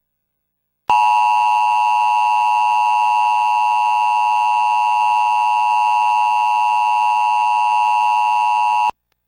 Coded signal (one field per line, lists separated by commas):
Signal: Emergency Alert System (SAME) tones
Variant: 853 and 960 Hz attention tone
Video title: Emergency Alert System May, 29, 2011